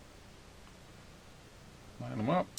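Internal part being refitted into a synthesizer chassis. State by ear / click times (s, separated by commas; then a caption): not seated / none. An internal part is carefully lined up by hand before being locked back into the chassis of a vintage Korg MS-20 synthesizer under repair. Quiet background hiss runs throughout until someone talks briefly near the end. Nothing has seated or clicked yet.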